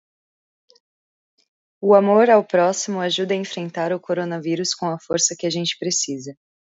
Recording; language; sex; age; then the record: spoken sentence; Brazilian Portuguese; female; 20 to 29 years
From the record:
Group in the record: control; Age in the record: 25 years